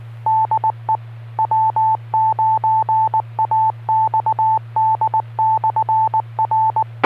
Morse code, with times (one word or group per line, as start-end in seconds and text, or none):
0.3-1.0 DE
1.4-6.8 W9AXD/R